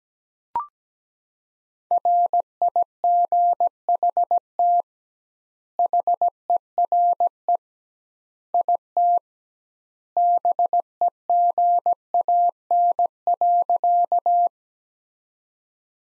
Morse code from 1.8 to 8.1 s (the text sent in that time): RIGHT HERE